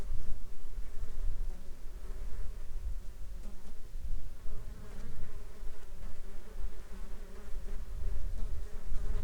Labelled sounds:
insects
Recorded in the Arctic National Wildlife Refuge, Alaska, on 7 July 2021 at 14:23
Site 33

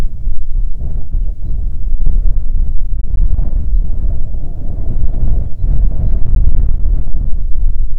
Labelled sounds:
songbird, wind
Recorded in the Prudhoe Bay oil fields, Alaska, on 6 June 2019 at 04:01
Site 16

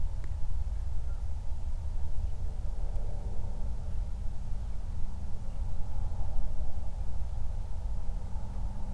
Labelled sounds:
bird, wind, man-made sound
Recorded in the Prudhoe Bay oil fields, Alaska, on 31 July 2019 at 08:37
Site 24

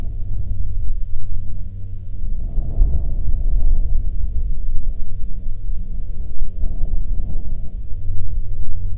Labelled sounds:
aircraft
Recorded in the Prudhoe Bay oil fields, Alaska, on 10 June 2019 at 17:30
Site 17

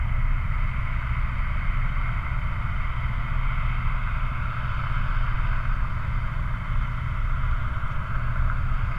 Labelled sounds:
machinery, flare stack
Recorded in the Prudhoe Bay oil fields, Alaska, on 5 August 2019 at 00:16
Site 29

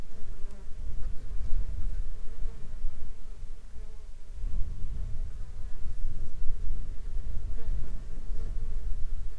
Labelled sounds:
wind, insects
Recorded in the Arctic National Wildlife Refuge, Alaska, on 21 July 2021 at 10:07
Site 33

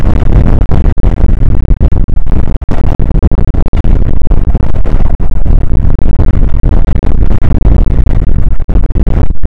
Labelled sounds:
wind
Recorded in the Prudhoe Bay oil fields, Alaska, on 29 May 2019 at 00:03
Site 25

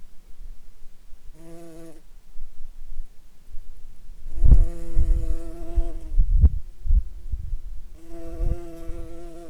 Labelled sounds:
insects
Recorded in Ivvavik National Park, Yukon, on 4 July 2019 at 15:20
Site SINP09

